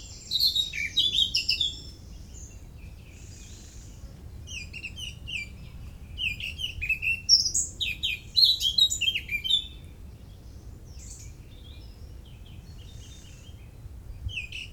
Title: Parc des Beaumonts, 16 Avenue Jean Moulin, Montreuil, France - Oiseaux des Beaumonts le 27 mai 2018